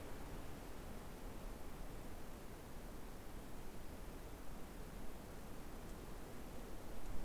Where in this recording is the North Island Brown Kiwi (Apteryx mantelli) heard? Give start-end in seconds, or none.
none